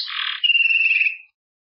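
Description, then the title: Belgian canary singing a brief phrase: a buzzy trill sliding into a steady whistled trill, fading after about a second. "Canario Belga"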